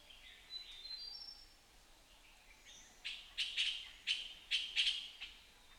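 Puff-throated bulbul: a few faint thin whistles at first, then a burst of loud, grating, chattering notes in quick succession.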